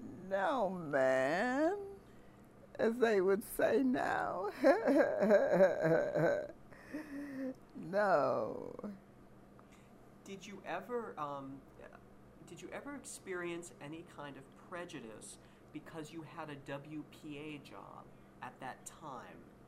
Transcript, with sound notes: No, man! As they would say now. [chuckles]
Did you ever — did you ever experience any kind of prejudice because you had a WPA job at that time?